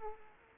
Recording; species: mosquito wingbeat signal from an infrared sensor; Culex pipiens